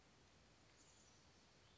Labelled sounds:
Chestnut-backed Chickadee
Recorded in Sonoma County, California

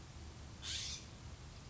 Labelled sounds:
California Scrub-Jay
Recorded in Sonoma County, California

